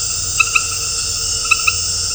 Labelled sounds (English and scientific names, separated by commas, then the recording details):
none
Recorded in dense forest near Puerto Asís, Putumayo, Colombia, on 4 March 2025 at 19:30
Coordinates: 0.468, -76.322
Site GP01